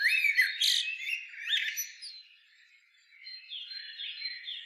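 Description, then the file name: Common blackbird giving quick warbled and squeaky notes at the start, a short pause of near silence, then soft twittering phrases resume. "Turdus merula"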